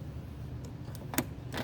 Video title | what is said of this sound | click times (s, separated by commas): Replacing a beer pump on a Bottoms Up draft system | Take your flathead screwdriver and you can hear that click in place. There | 1.2 s